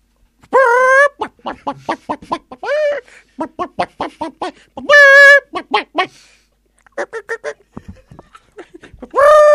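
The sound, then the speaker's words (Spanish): A chicken clucks in quick, choppy bursts, broken up by a few loud, drawn-out squawks at the start, middle and end. “es un gallina. Gallina.”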